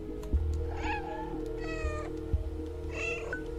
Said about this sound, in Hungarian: És nyávogtatom is neked a cicát természetesen, mert megérdemled.